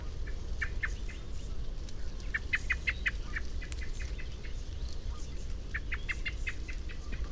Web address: SETE data Turdus merula